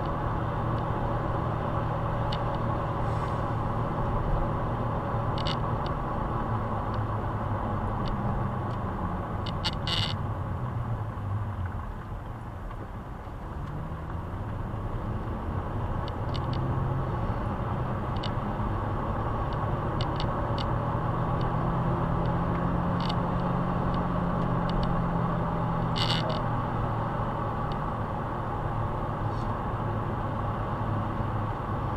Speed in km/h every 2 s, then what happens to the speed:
47, 47, 47, 43, 35, 21, 13, 21, 34, 41, 48, 52, 54, 47, 45, 44.
0-5 steady at about 47. 5-11 brakes to 13. 13-22 speeds up to 52. 24-32 slows to 44.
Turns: none.